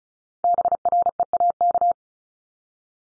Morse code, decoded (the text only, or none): BREAK